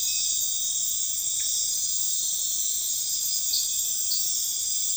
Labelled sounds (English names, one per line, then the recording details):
none
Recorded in pastures near Puerto Asís, Putumayo, Colombia, on 4 March 2025 at 02:00
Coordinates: 0.502, -76.324
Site GP07